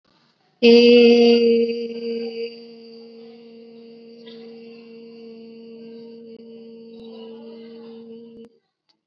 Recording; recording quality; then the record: sustained vowel as in made; excellent, no background noise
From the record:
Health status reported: COVID-19 positive, mild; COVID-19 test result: positive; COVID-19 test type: RT-PCR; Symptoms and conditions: cough, fever, fatigue, muscle pain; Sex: female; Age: 19 years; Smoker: no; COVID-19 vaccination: both doses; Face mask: worn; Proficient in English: yes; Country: India